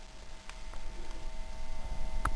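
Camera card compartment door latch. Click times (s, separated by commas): 0.5 s, 2.3 s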